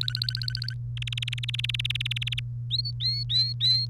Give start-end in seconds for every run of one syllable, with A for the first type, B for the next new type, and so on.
0.01-0.74 A, 0.97-2.40 B, 2.70-3.86 C